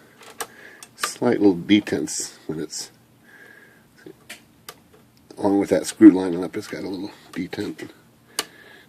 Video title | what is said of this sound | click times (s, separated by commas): Smith Corona Vintage Typewriter Margin Rack Alignment Stop Adjustment | there clicks into place | 8.4 s